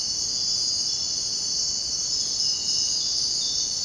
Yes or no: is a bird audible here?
no